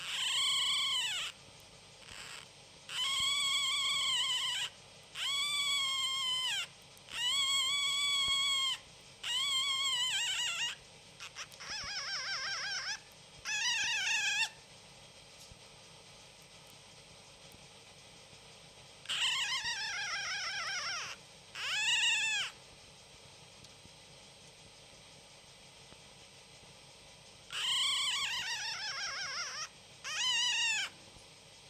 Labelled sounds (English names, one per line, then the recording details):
Red Fox
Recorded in captivity
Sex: female
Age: juvenile
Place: Zoologisches Institut der HUB, Berlin, DE
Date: 1956-05-04 13:30
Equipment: Elmetra
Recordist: Tembrock, Günter